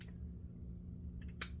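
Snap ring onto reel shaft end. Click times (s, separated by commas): 1.4 s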